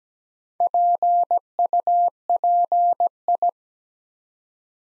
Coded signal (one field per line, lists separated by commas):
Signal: Morse code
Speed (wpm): 17 wpm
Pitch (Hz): 700 Hz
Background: none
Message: PUPI